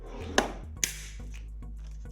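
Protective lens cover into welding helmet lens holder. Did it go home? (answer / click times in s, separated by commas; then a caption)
yes / 0.4 s, 0.8 s. A clear protective lens cover is pressed home into a welding helmet's lens holder. Two sharp, loud snaps sound at 0.4 s and 0.8 s over a faint, steady low hum, and the cover is seated in place.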